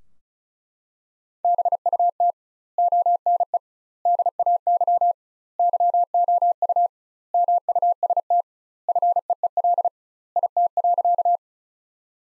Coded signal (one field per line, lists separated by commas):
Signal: Morse code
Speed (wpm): 36 wpm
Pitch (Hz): 700 Hz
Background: none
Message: BUT ONE DAY YOU MUST FEEL IT.